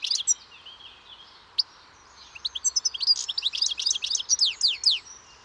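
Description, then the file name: European goldfinch calls, a few scattered high chirps, then a fast, sustained twittering series of sharp notes. "Carduelis carduelis"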